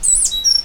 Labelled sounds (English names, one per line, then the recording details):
Stitchbird song
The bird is a male
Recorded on Tiritiri Matangi Island, New Zealand, in 2005
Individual 8, of nest box 10